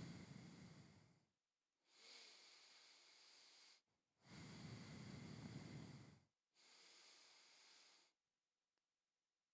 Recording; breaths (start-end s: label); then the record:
nose breathing near a microphone
0.00-1.61 s: exhalation
1.61-3.91 s: inhalation
3.91-6.31 s: exhalation
6.31-8.11 s: inhalation
From the record:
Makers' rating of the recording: medium